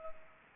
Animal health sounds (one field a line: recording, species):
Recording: mosquito wingbeat signal from an infrared sensor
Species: Culex pipiens